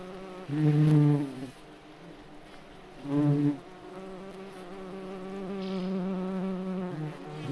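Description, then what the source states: Bumblebee wing buzz in two short loud bursts, followed by a steadier, softer drone. Wing buzzing, heard in nature.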